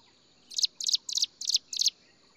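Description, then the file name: Striated prinia buzzy calls, five short harsh high-pitched bursts in quick succession at an even pace, over a quiet background. "斑紋鷦鶯"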